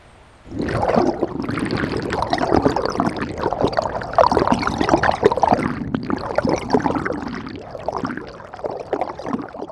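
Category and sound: nature, flowing river water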